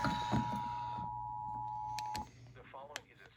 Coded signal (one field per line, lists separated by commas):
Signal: Emergency Alert System (SAME) tones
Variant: 853 and 960 Hz attention tone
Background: speech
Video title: EAS 779: LOT SMW